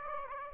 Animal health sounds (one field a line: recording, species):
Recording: mosquito wingbeat signal from an infrared sensor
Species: Aedes aegypti